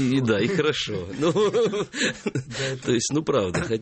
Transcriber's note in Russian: смеется